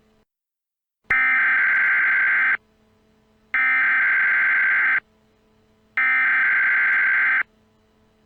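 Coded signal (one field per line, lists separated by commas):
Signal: Emergency Alert System (SAME) tones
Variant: header bursts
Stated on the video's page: Fictional EAS scenario.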